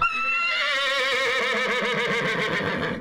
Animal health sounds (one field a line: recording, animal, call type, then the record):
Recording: contact call of a hoofed animal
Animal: horse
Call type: whinny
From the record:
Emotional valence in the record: positive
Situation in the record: reunion with the whole group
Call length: 3.0 s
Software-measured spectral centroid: 2530 Hz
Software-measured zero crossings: 3660 a second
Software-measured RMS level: -24 dBFS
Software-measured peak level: -10 dBFS